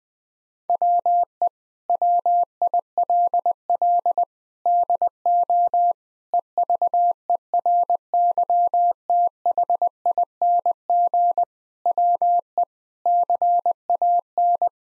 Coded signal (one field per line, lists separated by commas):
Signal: Morse code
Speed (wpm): 20 wpm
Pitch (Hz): 700 Hz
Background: none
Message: WE WILL DO EVERYTHING WE CAN